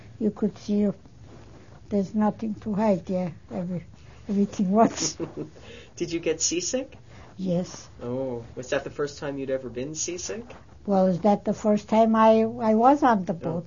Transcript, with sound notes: You could see. There's nothing to hide, everything was. ( they laugh )
Did you get seasick?
Yes.
Oh. Was that the first time you'd ever been seasick?
Well, is that the first time I was on the boat.